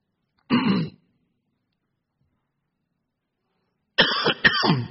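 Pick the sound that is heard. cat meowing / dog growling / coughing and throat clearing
coughing and throat clearing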